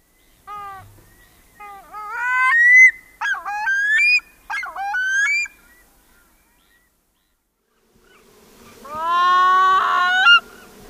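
Pacific loon calling with a string of short, upslurred nasal notes in quick bursts, followed after a pause by a longer, level harmonic wail.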